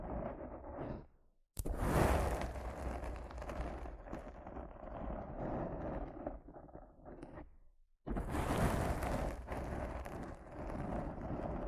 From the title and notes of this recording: ASMR Rough Mic Scratching & Brushing (No Talking).